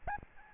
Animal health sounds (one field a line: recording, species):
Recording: mosquito wingbeat signal from an infrared sensor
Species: Aedes albopictus